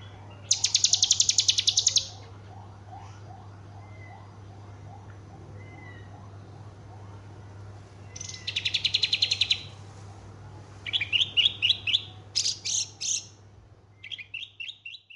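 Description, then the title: Horsfield's bush lark song in separate bursts of dense, buzzy, high chatter, later turning to shorter clipped phrases of rapid notes, with a constant low hum beneath. Full song repertoire. "Branjangan Javanica Full Materi"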